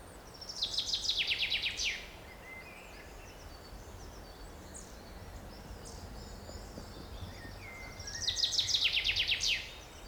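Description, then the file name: Common chaffinch song, two bright bursts of rapid descending notes, each lasting over a second, about seven seconds apart, with soft chirps and hiss between. "Fringilla coelebs"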